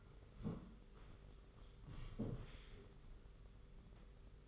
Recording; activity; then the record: daily activity, microphone in the room; sit down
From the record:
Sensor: 4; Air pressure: 991.3 hPa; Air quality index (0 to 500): 137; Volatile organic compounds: 54 ppm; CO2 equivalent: 3349 ppm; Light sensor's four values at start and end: 25/80/30/31 and 25/80/30/31